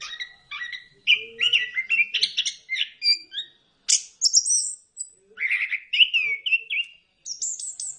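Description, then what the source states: Bird song: a fast, varied run of sharp chirps, trills and high whistled notes in quick bursts, with short pauses near four and seven seconds. Bird chirping song played for training and mastering pet birds.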